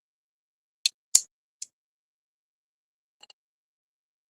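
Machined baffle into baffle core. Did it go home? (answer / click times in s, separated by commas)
yes / 0.9 s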